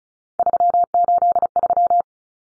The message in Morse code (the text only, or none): 383